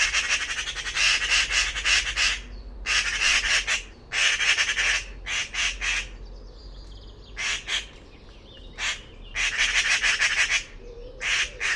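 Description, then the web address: Bird calling with quick harsh pulse trains, many short bursts of varying length throughout. Recordings from the "Pi Pi Pi Pi" call class in a 2025 bird-only dataset. "cianscape birddata Deverinetal 2025 File origin Bird Only More Classes Pi Pi Pi Pi"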